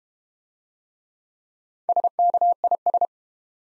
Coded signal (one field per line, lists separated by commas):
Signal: Morse code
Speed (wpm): 31 wpm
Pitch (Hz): 700 Hz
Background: none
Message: SKIS